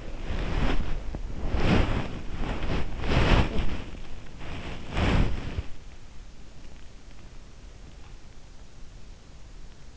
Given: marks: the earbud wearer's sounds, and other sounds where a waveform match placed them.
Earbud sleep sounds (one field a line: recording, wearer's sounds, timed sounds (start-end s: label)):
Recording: sounds in sleep by an in-ear microphone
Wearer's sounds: body movement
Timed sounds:
0.00-5.93 s: body movement